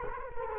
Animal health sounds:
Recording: mosquito wingbeat signal from an infrared sensor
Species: Culex quinquefasciatus

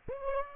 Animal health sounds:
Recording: mosquito wingbeat signal from an infrared sensor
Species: Aedes aegypti

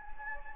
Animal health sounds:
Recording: mosquito wingbeat signal from an infrared sensor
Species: Anopheles gambiae

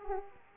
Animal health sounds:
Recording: mosquito wingbeat signal from an infrared sensor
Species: Aedes aegypti

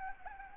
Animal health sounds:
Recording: mosquito wingbeat signal from an infrared sensor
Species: Anopheles gambiae

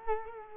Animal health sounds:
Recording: mosquito wingbeat signal from an infrared sensor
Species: Culex quinquefasciatus

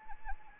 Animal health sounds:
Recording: mosquito wingbeat signal from an infrared sensor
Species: Anopheles arabiensis

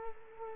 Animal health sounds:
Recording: mosquito wingbeat signal from an infrared sensor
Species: Culex quinquefasciatus

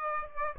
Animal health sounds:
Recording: mosquito wingbeat signal from an infrared sensor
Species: Aedes aegypti

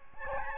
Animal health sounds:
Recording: mosquito wingbeat signal from an infrared sensor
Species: Aedes albopictus

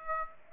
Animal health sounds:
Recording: mosquito wingbeat signal from an infrared sensor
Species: Aedes aegypti

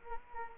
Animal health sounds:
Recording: mosquito wingbeat signal from an infrared sensor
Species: Culex quinquefasciatus

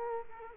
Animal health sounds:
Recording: mosquito wingbeat signal from an infrared sensor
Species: Culex quinquefasciatus

